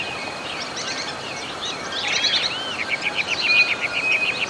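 Bird calls, a jumble of high chirps and sweeping notes that ends in a fast run of repeated short chirps, over a steady background hiss.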